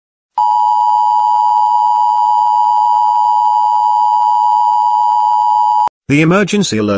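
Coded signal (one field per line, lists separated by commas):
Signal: Emergency Alert System (SAME) tones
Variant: 853 and 960 Hz attention tone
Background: speech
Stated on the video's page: Fictional EAS scenario.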